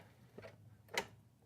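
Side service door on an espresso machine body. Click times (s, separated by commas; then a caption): 1.0 s. The plastic side service door of a Gaggia Anima Deluxe espresso machine is pushed closed after the removable brew group is slid back in. A faint tap comes first, then a sharp click at 1.0 s as the door latches firmly shut with a very positive closing.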